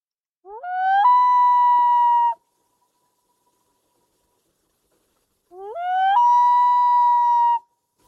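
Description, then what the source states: Common Loon wail, two long calls each starting low, rising in steps, then holding a steady, mournful tone for over a second, separated by about three seconds of silence. Heard on a remote wilderness lake in far northern Alaska; loons are most vocal in early summer while mating and establishing territories, calling through summer into early fall.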